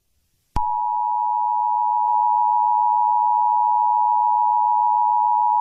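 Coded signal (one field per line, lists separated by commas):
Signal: Emergency Alert System (SAME) tones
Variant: 853 and 960 Hz attention tone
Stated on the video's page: First-attempt homemade fictional horror emergency broadcast alert.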